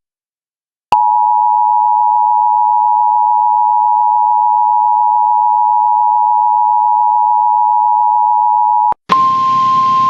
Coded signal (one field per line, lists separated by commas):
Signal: Emergency Alert System (SAME) tones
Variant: 853 and 960 Hz attention tone